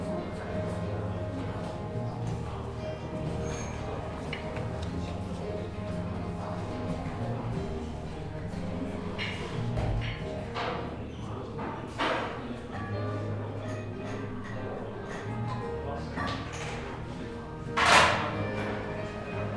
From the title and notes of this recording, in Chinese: 坐在咖啡馆有点开心｜城市声音。北京地坛旁边 没有特地录说话声。